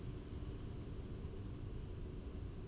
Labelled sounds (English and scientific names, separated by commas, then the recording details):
none
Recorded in Germany
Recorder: ecoPi